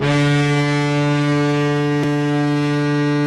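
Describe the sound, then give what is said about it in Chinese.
The horn of the reviewing warship at a 2018 Chinese navy sea review blares in one long, steady, deep blast, rich in low harmonics, as it sets sail escorted by escort vessels toward the review waters, sustained at full volume without a break and with no voices. “在飞行甲板检阅舰艇仪仗队，随后检阅舰鸣笛起航，在护卫舰艇拱卫下向阅兵海域进发。”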